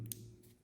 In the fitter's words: I hope you see it and push it until you will hear a click